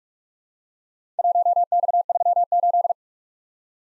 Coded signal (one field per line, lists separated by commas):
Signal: Morse code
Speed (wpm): 48 wpm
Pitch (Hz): 700 Hz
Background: none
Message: 1X38